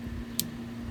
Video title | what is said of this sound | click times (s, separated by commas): How to use a ratchet strap!! | did you hear it click | 0.4 s